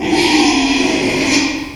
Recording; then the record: squeal of a Yucatan mini pig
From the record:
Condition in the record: after surgery on the right vocal fold (resection and tissue-engineered implant); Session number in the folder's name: 2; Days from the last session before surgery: 13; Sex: male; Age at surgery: 12 weeks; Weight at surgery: 13 kg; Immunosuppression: cyclosporine, prednisolone